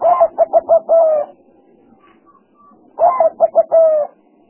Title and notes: Pikat Burung Tekukur Paling Ampuh. Kumpulan suara burung tekukur paling ampuh